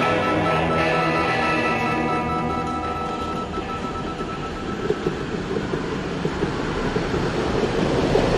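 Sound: tram passing by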